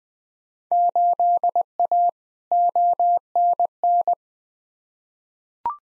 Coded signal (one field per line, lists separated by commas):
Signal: Morse code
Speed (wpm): 20 wpm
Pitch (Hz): 700 Hz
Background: none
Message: 8A ONN